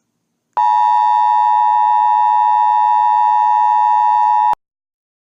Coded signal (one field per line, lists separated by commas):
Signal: Emergency Alert System (SAME) tones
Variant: 853 and 960 Hz attention tone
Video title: (Read Disc) EAS Scenario #1 Red Phone Numbers (Old)